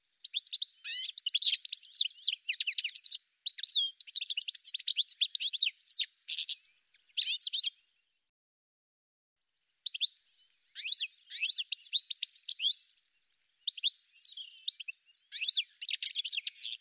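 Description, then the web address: Bird twittering in long rapid runs of sharp high chirps, falling silent for about two seconds midway before resuming in shorter bursts. "cianscape birddata"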